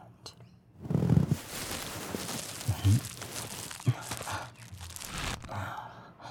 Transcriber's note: tying sounds